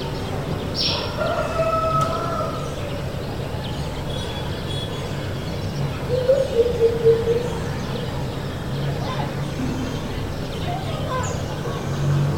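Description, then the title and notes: Senegal coucal song: one brief, low, bubbling series of hooted notes midway, amid a constant low rumble and a few scattered high bird calls. Song in a neighbourhood soundscape of Nkolmbong-Nord, Émana, Yaoundé, Cameroon; 24 November 2025, 9:29 a.m.; recorded with a TASCAM DR-05, edited in Audacity. "Recording of the soundscape of the Nkolmbong-Nord neighborhood, Émana, Yaoundé 1, Cameroon. song of a Senegal Coucal"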